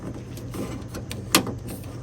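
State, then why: Seated. The plastic pigtail connector of a new liftgate switch for a 2013–2020 Nissan Pathfinder is pushed into the vehicle's factory wiring harness connector, with a few faint handling ticks. A sharp snap at 1.4 s marks the connector clicking in, seated and locked in place.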